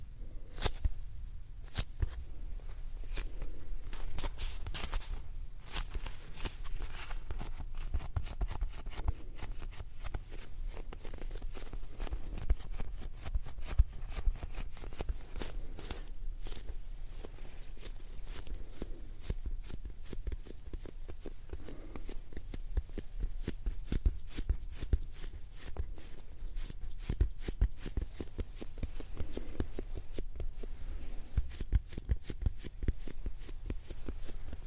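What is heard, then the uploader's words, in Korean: Soft, squishy fluffy sounds: dense crinkling taps and rustles pattering steadily throughout, over a low, muffled rumble. ASMR 폭신 폭신 소리!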